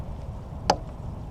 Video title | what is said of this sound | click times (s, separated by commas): Honda Pilot LED Upgrade! Brake Light + License Plate Lights DIY | Do you hear that? Snap into place. | 0.7 s